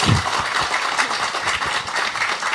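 A crowd applauds steadily, a dense, even wash of many hands clapping at once, sustained at a fairly constant level throughout with no voices standing out.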